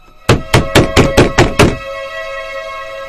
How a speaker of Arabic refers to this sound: فضلت أخبط أخبط لحد ما وقعت قدام باب البيت.